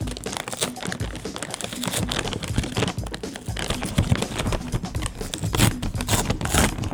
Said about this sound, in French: Ça, c'est vraiment cartonné, là, on l'entend. Ouais. C'est un sac de qualité, ça paraît. Ouais, un sac de chips normal.